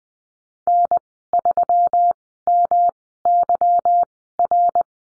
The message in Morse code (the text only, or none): N3MYR